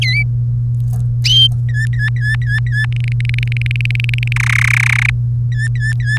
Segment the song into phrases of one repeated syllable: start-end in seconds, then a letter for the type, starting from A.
0.01-0.23 A, 1.69-2.86 B, 2.92-4.33 C, 4.36-5.10 D, 5.52-6.18 B